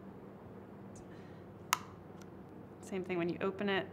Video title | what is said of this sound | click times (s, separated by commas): Project Masiluleke - Creating a New Stand Design | And it actually makes a very satisfying clicking sound. | 1.7 s